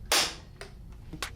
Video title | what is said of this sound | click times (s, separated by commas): ECHO YouCan 90175Y Tune-Up Kit: Install Guide | then we'll also engage a chain break by pushing the chain brake handle forward towards the bar and chain until it clicks. | 0.1 s